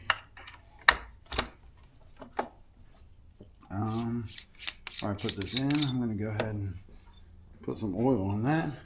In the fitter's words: clips right in here